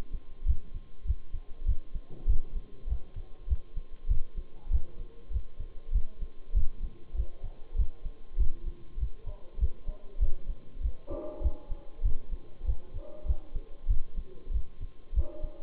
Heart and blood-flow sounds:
heart sounds by stethoscope; between the tricuspid and mitral areas; 98 bpm
0.47 s: heartbeat
1.07 s: heartbeat
1.67 s: heartbeat
2.28 s: heartbeat
2.89 s: heartbeat
3.49 s: heartbeat
4.09 s: heartbeat
4.72 s: heartbeat
5.32 s: heartbeat
5.94 s: heartbeat
6.55 s: heartbeat
7.16 s: heartbeat
7.77 s: heartbeat
8.38 s: heartbeat
8.99 s: heartbeat
9.60 s: heartbeat
10.21 s: heartbeat
10.82 s: heartbeat
11.43 s: heartbeat
12.04 s: heartbeat
12.66 s: heartbeat
13.27 s: heartbeat
13.89 s: heartbeat
14.52 s: heartbeat
15.15 s: heartbeat
From the record:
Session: Bruce protocol treadmill stress test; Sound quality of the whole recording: partially saturated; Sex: male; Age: 23 years

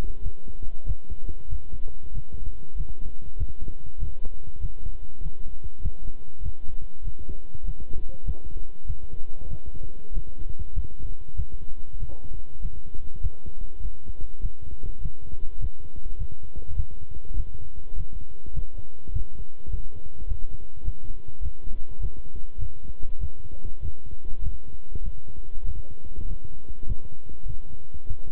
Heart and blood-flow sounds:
heart sounds by stethoscope; between the tricuspid and mitral areas; 99 bpm
0.21 s: heartbeat
0.85 s: heartbeat
1.48 s: heartbeat
2.12 s: heartbeat
2.75 s: heartbeat
3.36 s: heartbeat
3.98 s: heartbeat
4.59 s: heartbeat
5.21 s: heartbeat
5.81 s: heartbeat
6.41 s: heartbeat
7.02 s: heartbeat
7.63 s: heartbeat
8.24 s: heartbeat
8.85 s: heartbeat
9.48 s: heartbeat
10.12 s: heartbeat
10.73 s: heartbeat
11.34 s: heartbeat
11.97 s: heartbeat
12.60 s: heartbeat
13.20 s: heartbeat
13.80 s: heartbeat
14.40 s: heartbeat
15.00 s: heartbeat
15.58 s: heartbeat
16.16 s: heartbeat
16.75 s: heartbeat
17.35 s: heartbeat
17.95 s: heartbeat
18.52 s: heartbeat
19.12 s: heartbeat
19.69 s: heartbeat
20.27 s: heartbeat
20.83 s: heartbeat
21.41 s: heartbeat
21.99 s: heartbeat
22.58 s: heartbeat
23.18 s: heartbeat
23.80 s: heartbeat
24.41 s: heartbeat
25.01 s: heartbeat
25.64 s: heartbeat
26.25 s: heartbeat
26.85 s: heartbeat
27.45 s: heartbeat
28.06 s: heartbeat
From the record:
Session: walking at 3.7 km/h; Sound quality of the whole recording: good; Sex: male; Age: 26 years

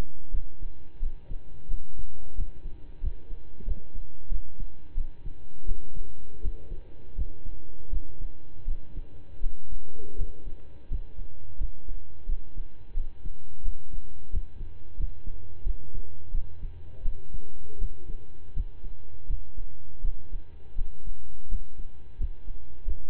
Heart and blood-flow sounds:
heart sounds by stethoscope; between the tricuspid and mitral areas; 85 bpm
0.30 s: heartbeat
0.99 s: heartbeat
1.67 s: heartbeat
2.34 s: heartbeat
3.00 s: heartbeat
3.64 s: heartbeat
4.28 s: heartbeat
4.94 s: heartbeat
5.65 s: heartbeat
6.40 s: heartbeat
7.14 s: heartbeat
7.89 s: heartbeat
8.64 s: heartbeat
9.40 s: heartbeat
10.15 s: heartbeat
10.87 s: heartbeat
11.57 s: heartbeat
12.25 s: heartbeat
12.93 s: heartbeat
13.62 s: heartbeat
14.29 s: heartbeat
14.96 s: heartbeat
15.63 s: heartbeat
16.31 s: heartbeat
17.02 s: heartbeat
17.78 s: heartbeat
18.53 s: heartbeat
19.26 s: heartbeat
20.01 s: heartbeat
20.75 s: heartbeat
21.48 s: heartbeat
22.17 s: heartbeat
22.84 s: heartbeat
From the record:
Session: slow and fast walking with breaks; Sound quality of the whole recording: saturated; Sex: male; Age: 25 years

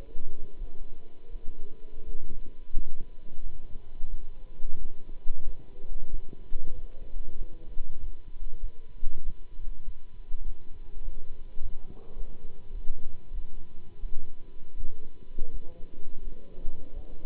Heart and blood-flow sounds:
heart sounds by stethoscope; between the tricuspid and mitral areas; 92 bpm
0.57 s: heartbeat
1.29 s: heartbeat
2.04 s: heartbeat
2.72 s: heartbeat
3.40 s: heartbeat
4.07 s: heartbeat
4.77 s: heartbeat
5.43 s: heartbeat
6.09 s: heartbeat
6.72 s: heartbeat
7.35 s: heartbeat
7.98 s: heartbeat
8.59 s: heartbeat
9.22 s: heartbeat
9.84 s: heartbeat
10.43 s: heartbeat
11.02 s: heartbeat
11.59 s: heartbeat
12.15 s: heartbeat
12.71 s: heartbeat
13.31 s: heartbeat
13.99 s: heartbeat
14.75 s: heartbeat
15.49 s: heartbeat
16.23 s: heartbeat
16.92 s: heartbeat
From the record:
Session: Bruce protocol treadmill stress test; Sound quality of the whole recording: good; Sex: male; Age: 26 years

